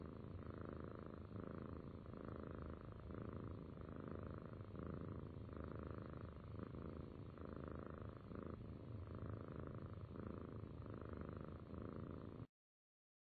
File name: Cat Purr